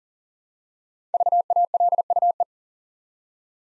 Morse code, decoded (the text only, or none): VALUE